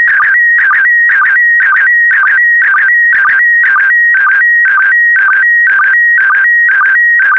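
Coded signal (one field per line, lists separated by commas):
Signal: SSTV (slow-scan television)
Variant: PD120 mode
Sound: warbling electronic tone stepping between two pitches, with short low sync chirps twice a second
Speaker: three two one it so transmission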